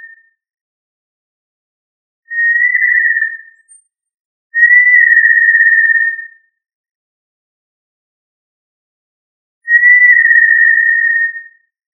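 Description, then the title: Tinamou whistles, flat pure tones lasting up to two seconds, a short one followed by two longer ones with long quiet gaps between. "Familia Tinamidae - Quail - Puyuh"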